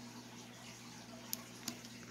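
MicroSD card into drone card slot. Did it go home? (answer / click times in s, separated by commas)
yes / 1.3 s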